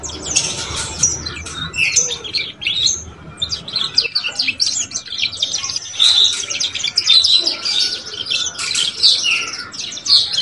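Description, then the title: Belgian canary singing in fast high trills and chirping notes, phrases flowing almost without pause across the whole stretch. Song to warm up young Belgian canaries and stimulate them to start singing and chirping quickly. "Canto Para Esquentar Canário Belga. SUARA KENARI PAUD CUIT CUIT BELAJAR BUNYI - pancingan kenari paud muda agar cepat bunyi dan ngeriwik"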